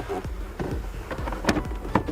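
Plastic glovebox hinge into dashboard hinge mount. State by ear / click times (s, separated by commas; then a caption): seated / 1.5 s, 2.0 s. A second plastic glovebox hinge on a 2007–2012 Mazda CX-7 is pushed into its dashboard hinge mount until it locks, with faint rustling and handling noises beforehand. Sharp clicks are heard at about 1.5 s and 2.0 s as the hinge seats and locks in place.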